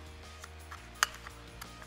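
The plastic lid of a TOZO T8 earbud charging case is closed and snaps shut with a loud, sharp click at 1.0 s, over a steady low musical background with a few faint ticks before and after. The lid is fully shut.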